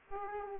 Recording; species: mosquito wingbeat signal from an infrared sensor; Aedes aegypti